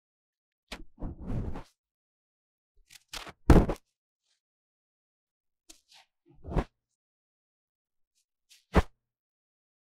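Deep ear cleaning on a microphone: brief bursts of rubbing and scraping separated by stretches of dead silence. A longer scratchy pass comes near the start, a loud brushing sweep follows around three and a half seconds, then sharper swipes near six and nine seconds.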